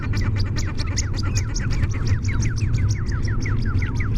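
Birds chattering, many quick sharp chirps and squawky notes overlapping without pause, with a constant deep rumbling background.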